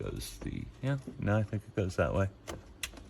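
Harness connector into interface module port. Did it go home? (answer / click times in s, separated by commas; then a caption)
yes / 2.8 s. Someone talks while an aftermarket CarPlay interface cable connector, a wiring harness connector, is worked into the correct orientation and plugged into port four of the interface module behind the head unit. A sharp click is heard at 2.8 s as the connector seats in the port.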